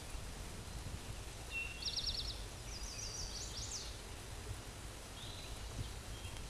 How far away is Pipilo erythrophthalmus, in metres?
about 45 m